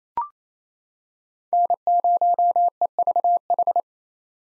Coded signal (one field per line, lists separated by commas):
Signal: Morse code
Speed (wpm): 28 wpm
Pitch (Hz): 700 Hz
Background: none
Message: N0EVH